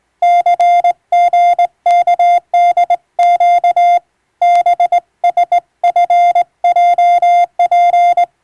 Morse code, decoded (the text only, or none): CGKDQ BSFJP